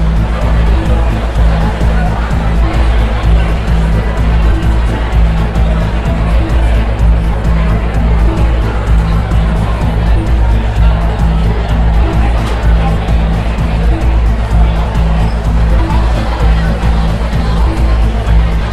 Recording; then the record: background sound without coughing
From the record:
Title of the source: Party Noise 1 Hour Party Ambience